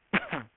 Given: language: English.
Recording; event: throat vibration sensor signal played as sound; cough